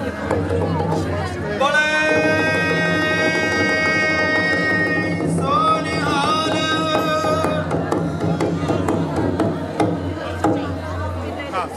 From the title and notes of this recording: Vaisakhi Celebrations held in Gravesend. Attended by 1000's of people from across all communities in the area.